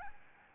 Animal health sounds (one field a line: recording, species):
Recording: mosquito wingbeat signal from an infrared sensor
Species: Aedes albopictus